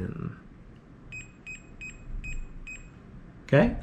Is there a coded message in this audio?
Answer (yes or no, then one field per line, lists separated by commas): no